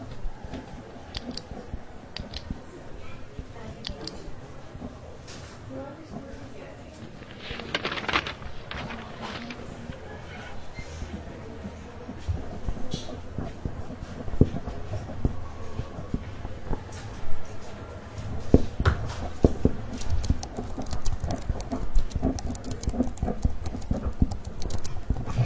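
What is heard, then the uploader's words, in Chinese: Library ambience with a steady low hum under scattered small clicks, taps and soft rustles throughout. Around the eighth second a brighter rustling burst stands out, and from about the fifteenth second the activity grows denser, with sharper clicks and faint murmured voices. 公共图书馆沉浸式学习 图书馆环境音 打字声 写字翻书。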